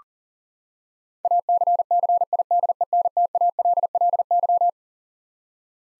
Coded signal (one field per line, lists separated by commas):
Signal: Morse code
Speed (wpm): 40 wpm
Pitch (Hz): 700 Hz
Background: none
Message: ACCIDENTALLY